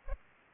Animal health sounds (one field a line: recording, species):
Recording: mosquito wingbeat signal from an infrared sensor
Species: Aedes aegypti